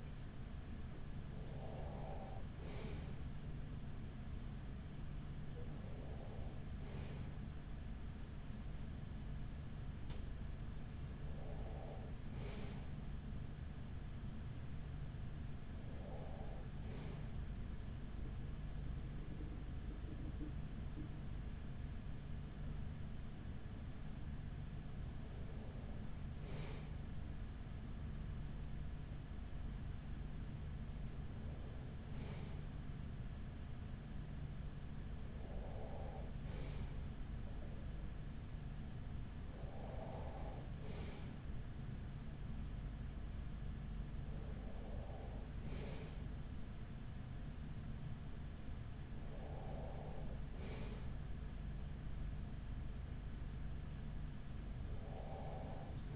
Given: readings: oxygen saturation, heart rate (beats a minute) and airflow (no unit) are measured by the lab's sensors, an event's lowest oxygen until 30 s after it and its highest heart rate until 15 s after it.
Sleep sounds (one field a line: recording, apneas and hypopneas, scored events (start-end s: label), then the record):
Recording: breathing in sleep by a smartphone at the bedside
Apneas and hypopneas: none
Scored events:
none scored
From the record:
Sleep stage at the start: N2 (light sleep)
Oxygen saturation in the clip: 94 to 95%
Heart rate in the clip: 40 to 45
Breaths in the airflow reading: 11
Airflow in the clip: -6.5 to 4.7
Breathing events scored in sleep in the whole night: 207 in 7.6 hours asleep